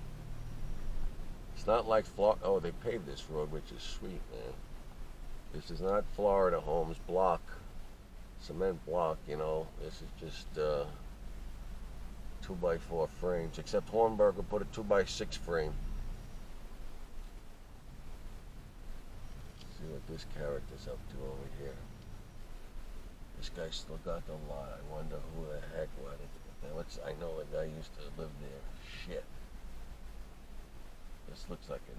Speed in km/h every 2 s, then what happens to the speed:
42, 42, 37, 31, 31, 29, 29, 32, 35, 31, 35, 35, 35, 31, 27, 29.
0-9 slows to 29. 9-24 steady at about 32. 24-32 slows to 29.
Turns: none.